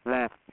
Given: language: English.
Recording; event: throat vibration sensor signal played as sound; speech